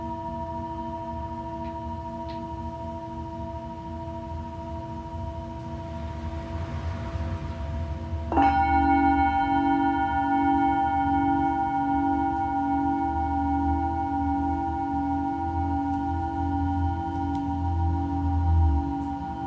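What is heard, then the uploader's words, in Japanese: A singing bowl hums with a steady low ring, then is struck anew near eight seconds, its brighter layered tones sustaining evenly to the end. メキシコから シンギングボウルのサウンドヒーリング。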